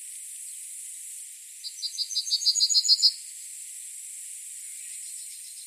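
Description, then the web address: Yellowhammer giving a quick run of high, repeated chipping notes that get louder, stopping without a long final note, followed by a fainter repeat. "yellow bunting call"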